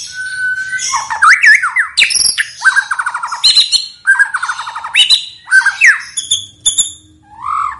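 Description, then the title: White-rumped shama delivering fast varied song of liquid whistles, up-and-down slurs and harsh grating notes, nearly continuous, ending with a rising whistle. Vigorously singing ('gacor') bird; lure sound meant to provoke a response from other birds. "PANCINGAN MURAI BATU GACOR"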